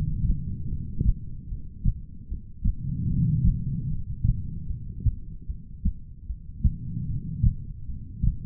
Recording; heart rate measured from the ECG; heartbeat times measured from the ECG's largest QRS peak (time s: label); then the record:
heart sounds by stethoscope; 75 bpm
0.69 s: heartbeat
1.48 s: heartbeat
2.28 s: heartbeat
3.08 s: heartbeat
3.87 s: heartbeat
4.67 s: heartbeat
5.47 s: heartbeat
6.26 s: heartbeat
7.06 s: heartbeat
7.86 s: heartbeat
From the record:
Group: heart failure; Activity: breath hold 0-1 s, rest 1-9 s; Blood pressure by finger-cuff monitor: 101/73 mmHg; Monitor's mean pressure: 85 mmHg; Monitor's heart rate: 75 bpm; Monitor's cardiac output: 4.5 L/min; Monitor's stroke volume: 60 mL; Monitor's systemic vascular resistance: 1380 dyn s/cm5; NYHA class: 2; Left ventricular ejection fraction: 58%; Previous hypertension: present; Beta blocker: bisoprolol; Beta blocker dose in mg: 5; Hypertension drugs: ramipril, spironolactone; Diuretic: furosemide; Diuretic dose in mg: 160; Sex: female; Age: 55 years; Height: 155 cm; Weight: 67 kg